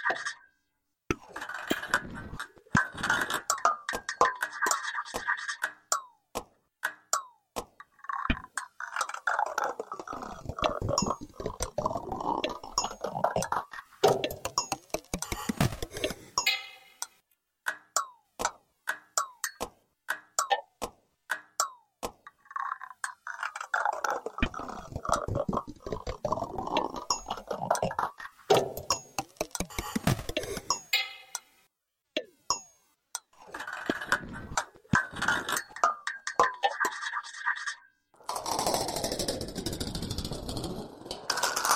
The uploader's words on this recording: An example of sounds recorded using a contact microphone, in this case attached to outdoor metal 'furniture' such as wire fences, field gates, signage, etc, subsequently mixed & edited using Audacity. Contact microphones produce a unique sound quality &, of course, eliminate any extraneous noise.